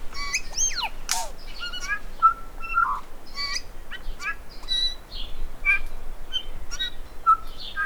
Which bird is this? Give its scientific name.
Anthornis melanura